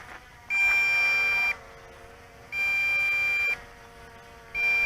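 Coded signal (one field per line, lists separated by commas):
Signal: beep code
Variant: MJX Bugs 2 transmitter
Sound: long one-second high beeps repeating every two seconds, three heard, last cut off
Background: outdoor background noise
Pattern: 1 long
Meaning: Second-level low battery: return to home in progress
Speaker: it has activated the 2nd level of fail-safe low voltage return to home with the long beeps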